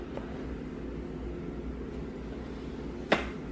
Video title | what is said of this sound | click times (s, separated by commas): Review Bissell PowerFresh Lift-Off Pet Steam Mop, Steamer, Tile, Bathroom, Hard Wood Floor Cleaner, | Just click it again. | 3.1 s